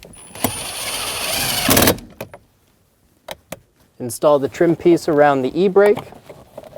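A plastic trim piece around the parking brake lever of a 2005-2015 Toyota Tacoma is being handled for pushing into the center console. Steady rustling and scraping fill the first two seconds, then a few short, sharp taps come before someone talks. Nothing has snapped or seated yet by the end.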